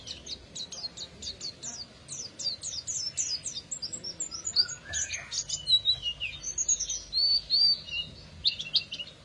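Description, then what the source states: Canary song: a quieter string of quick, high, varied chirping notes, about three per second, with some lower slurred notes mixed in. F1 canary; therapy recording played to a canary that has stopped singing, to get it singing again.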